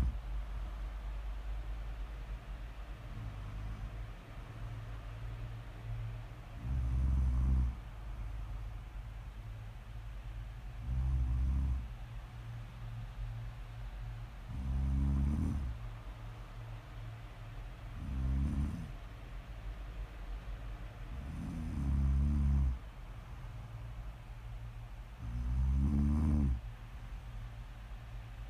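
Snoring with deep, rumbling snores rising roughly every four seconds, each lasting about a second with a rattling edge. Quieter breaths fill the gaps, over a steady low hum that runs throughout.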